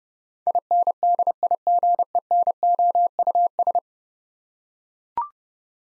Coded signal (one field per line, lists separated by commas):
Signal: Morse code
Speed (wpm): 30 wpm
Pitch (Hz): 700 Hz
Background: none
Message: INDIGENOUS